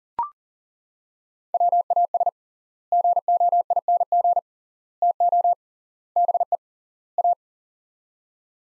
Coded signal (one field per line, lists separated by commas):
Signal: Morse code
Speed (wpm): 40 wpm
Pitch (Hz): 700 Hz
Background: none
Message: WAS GOING TO BE A